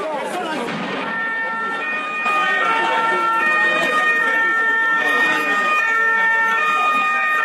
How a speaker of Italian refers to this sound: Petardi e sirene delle camionette della polizia in un pomeriggio ad alta tensione a Bagnoli per il corteo contro il decreto sblocca Italia.